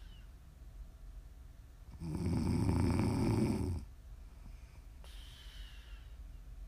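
A single loud snore from an adult, roughly two seconds long with a strong low-pitched rumble, set against quiet breathing before and after, offered as ASMR snoring for sleep or relaxation.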